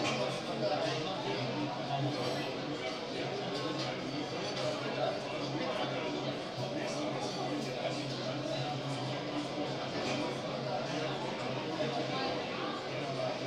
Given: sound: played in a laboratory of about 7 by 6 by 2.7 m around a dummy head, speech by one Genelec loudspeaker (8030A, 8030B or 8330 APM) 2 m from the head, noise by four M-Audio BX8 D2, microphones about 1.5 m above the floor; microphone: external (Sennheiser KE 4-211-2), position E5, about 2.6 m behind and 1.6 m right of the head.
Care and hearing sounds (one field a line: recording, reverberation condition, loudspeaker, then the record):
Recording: cafeteria noise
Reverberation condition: medium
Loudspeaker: four, about 170 cm from the corners of the room and facing them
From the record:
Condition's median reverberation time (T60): about 510 ms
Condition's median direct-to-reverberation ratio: about -0.5 dB